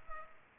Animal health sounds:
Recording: mosquito wingbeat signal from an infrared sensor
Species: Culex pipiens

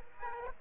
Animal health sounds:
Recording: mosquito wingbeat signal from an infrared sensor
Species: Aedes aegypti

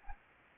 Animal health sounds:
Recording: mosquito wingbeat signal from an infrared sensor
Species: Anopheles gambiae

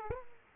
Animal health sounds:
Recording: mosquito wingbeat signal from an infrared sensor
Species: Aedes aegypti

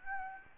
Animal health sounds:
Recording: mosquito wingbeat signal from an infrared sensor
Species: Aedes albopictus

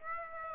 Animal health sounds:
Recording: mosquito wingbeat signal from an infrared sensor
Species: Aedes aegypti

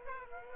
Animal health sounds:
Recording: mosquito wingbeat signal from an infrared sensor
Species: Aedes aegypti

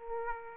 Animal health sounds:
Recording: mosquito wingbeat signal from an infrared sensor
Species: Aedes aegypti

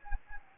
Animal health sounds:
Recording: mosquito wingbeat signal from an infrared sensor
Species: Anopheles gambiae

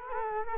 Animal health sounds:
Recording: mosquito wingbeat signal from an infrared sensor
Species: Culex quinquefasciatus

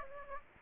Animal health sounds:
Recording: mosquito wingbeat signal from an infrared sensor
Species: Aedes aegypti

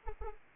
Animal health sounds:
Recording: mosquito wingbeat signal from an infrared sensor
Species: Anopheles arabiensis

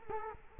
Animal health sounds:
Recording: mosquito wingbeat signal from an infrared sensor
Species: Culex quinquefasciatus

